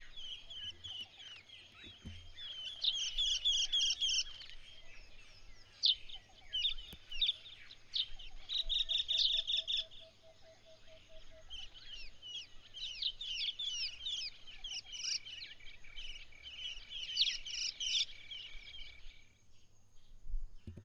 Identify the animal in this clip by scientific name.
Pseudonigrita arnaudi